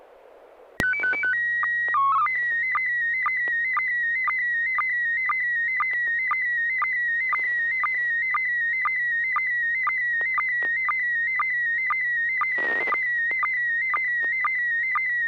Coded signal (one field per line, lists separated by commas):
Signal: SSTV (slow-scan television)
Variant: PD 120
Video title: N6NA SSTV Net - 05/08/2024